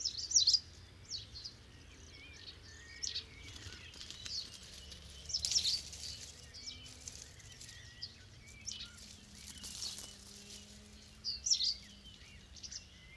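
A large flock of starlings, perhaps a thousand, chatters in a clay pit. Dense, overlapping chirps, clicks and whistles run throughout, with louder bursts near the start, around five to six seconds, and again near eleven seconds, over a low steady rumble.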